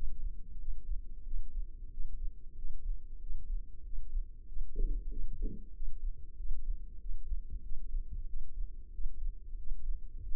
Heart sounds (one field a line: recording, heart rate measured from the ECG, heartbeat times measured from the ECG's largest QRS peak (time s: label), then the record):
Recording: heart sounds by microphone in the left ear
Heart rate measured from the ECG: 93 bpm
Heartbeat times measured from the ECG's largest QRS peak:
0.61 s: heartbeat
1.27 s: heartbeat
1.93 s: heartbeat
2.58 s: heartbeat
3.23 s: heartbeat
3.86 s: heartbeat
4.49 s: heartbeat
5.12 s: heartbeat
5.76 s: heartbeat
6.39 s: heartbeat
7.02 s: heartbeat
7.65 s: heartbeat
8.29 s: heartbeat
8.94 s: heartbeat
9.60 s: heartbeat
10.25 s: heartbeat
From the record:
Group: healthy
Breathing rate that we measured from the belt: 19 breaths a minute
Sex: male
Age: 21 years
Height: 175 cm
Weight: 72.6 kg